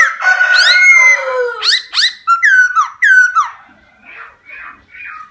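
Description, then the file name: Laughingthrush with a loud mixed whistled phrase, then several sharp repeated downslurred notes fading into softer calls. Song in the 'wild voice' (giọng rừng) style. "Tieng khuou hot giong rung"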